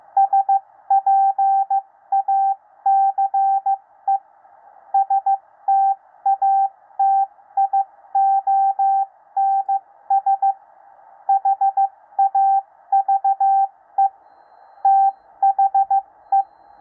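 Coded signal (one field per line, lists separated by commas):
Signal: Morse code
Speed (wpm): 15 wpm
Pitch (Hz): 780 Hz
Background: radio noise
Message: SPACE STATIONS HAVE THE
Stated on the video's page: 13 WPM code practice broadcast for head copy, part of a recent broadcast.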